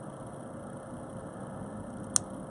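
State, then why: Seated. A metal jump ring is twisted closed with pliers, and a single small, sharp click sounds at 2.2 s as its two ends press together against a steady low hum. The ring is seated closed.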